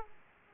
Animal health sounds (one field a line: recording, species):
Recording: mosquito wingbeat signal from an infrared sensor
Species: Aedes aegypti